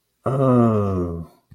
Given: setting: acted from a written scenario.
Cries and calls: vocal sound without words; realization

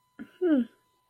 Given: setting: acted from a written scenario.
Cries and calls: vocal sound without words; neutral

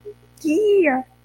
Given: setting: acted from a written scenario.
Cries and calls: vocal sound without words; elation

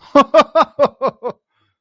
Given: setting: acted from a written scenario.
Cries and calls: vocal sound without words; amusement

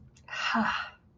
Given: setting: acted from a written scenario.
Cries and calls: vocal sound without words; pride

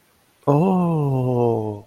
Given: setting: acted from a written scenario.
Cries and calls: vocal sound without words; realization

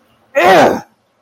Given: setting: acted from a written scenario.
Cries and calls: vocal sound without words; anger

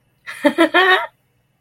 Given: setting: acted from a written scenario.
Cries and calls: vocal sound without words; amusement

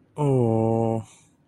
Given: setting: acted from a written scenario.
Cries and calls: vocal sound without words; sympathy

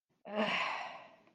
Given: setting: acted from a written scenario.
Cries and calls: vocal sound without words; contempt

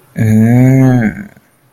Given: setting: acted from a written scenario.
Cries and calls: vocal sound without words; realization

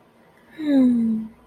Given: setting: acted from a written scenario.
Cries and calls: vocal sound without words; serenity

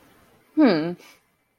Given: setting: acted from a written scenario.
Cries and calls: vocal sound without words; pride

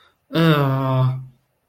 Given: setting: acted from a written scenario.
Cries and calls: vocal sound without words; negative surprise

